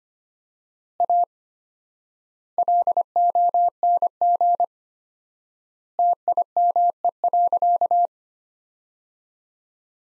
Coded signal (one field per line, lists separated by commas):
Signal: Morse code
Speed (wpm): 25 wpm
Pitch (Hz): 700 Hz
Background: none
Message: A LONG TIME.